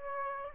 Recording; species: mosquito wingbeat signal from an infrared sensor; Aedes aegypti